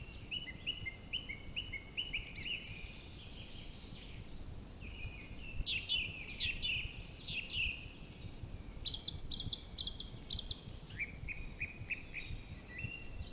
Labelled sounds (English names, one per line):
Song Thrush song